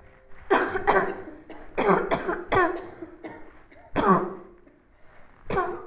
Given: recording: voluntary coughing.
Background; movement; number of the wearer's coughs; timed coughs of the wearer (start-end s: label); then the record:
a bystander coughing; sitting; 7
0.48-0.85 s: cough
0.85-1.16 s: cough
1.76-2.08 s: cough
2.08-2.36 s: cough
2.49-2.81 s: cough
3.95-4.32 s: cough
5.50-5.80 s: cough
From the record:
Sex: female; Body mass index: 18.3 kg/m2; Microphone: on the chest, facing the body